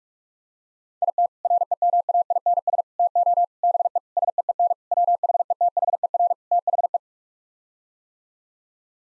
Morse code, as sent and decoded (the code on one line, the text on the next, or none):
.. - / .-. . -- .- .. -. ... / - --- / -... . / ... . . -. / .-- .... . - .... . .-. / - .... .
IT REMAINS TO BE SEEN WHETHER THE